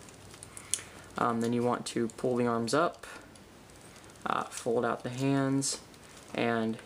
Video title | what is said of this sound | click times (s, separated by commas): DOTM Deluxe Barricade! | And then it'll snap into place, keeping the lower waist piece there nice and intact. | 0.7 s